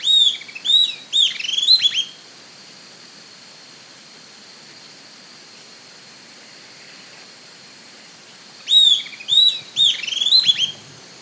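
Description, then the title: Southern antpipit calls, two bursts of sharp high chirps in rapid clusters, one at the start and another about eight seconds later, over steady faint background hiss. "LuckyPassaro Completos2Sama. Southern Antpipit (Corythopis delalandi)"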